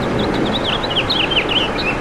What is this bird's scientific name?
Haemorhous mexicanus